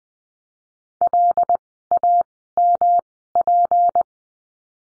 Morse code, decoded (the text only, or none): LAMP